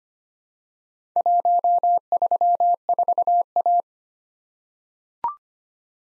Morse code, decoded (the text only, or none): 134A